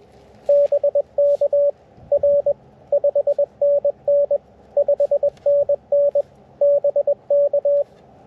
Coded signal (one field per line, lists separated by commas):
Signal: Morse code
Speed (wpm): 21 wpm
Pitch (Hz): 570 Hz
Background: radio noise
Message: BK R 5NN 5NN BK